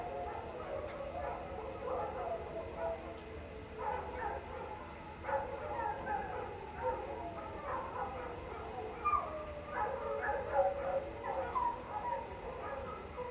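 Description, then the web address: Canine pack howling, many overlapping wavering howls and yips. Pack of canines howling outdoors late at night in cold winter air, alongside a man-made water fountain. "Omar Alvarado - Minimal ambiences ambience outdoors late night, cold winter air, pack of canine howling into the night and man made water fountain. Sonniss"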